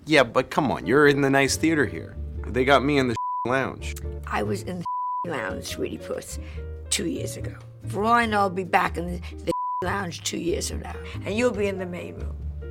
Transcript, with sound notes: Yeah, but come on, you're in the nice theater here. They got me in the (beep) lounge.
I was in the (beep) lounge, sweety-puss, two years ago. For all I know, I'll be back in the (beep) lounge two years from now, and you'll be in the main room.